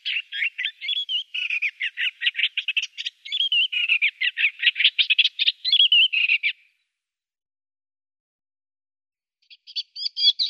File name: Eastern Olivaceous Warbler